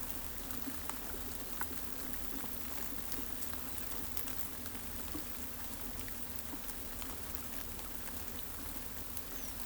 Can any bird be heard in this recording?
no